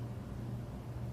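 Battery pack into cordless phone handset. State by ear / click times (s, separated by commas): not seated / none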